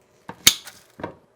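A part of the power connector assembly on a 48 V LiFePO4 battery box is pushed into its power connector housing, with a soft tick at 0.3 s and then a sharp, bright snap at 0.5 s. A quieter knock follows at 1.0 s. The part seats fully at the snap.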